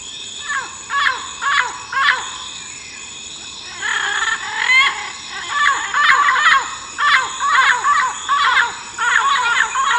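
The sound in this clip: Bird calls repeated many times in short harsh bursts of descending notes, above a constant high hum.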